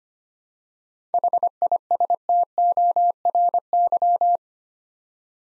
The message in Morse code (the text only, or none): HISTORY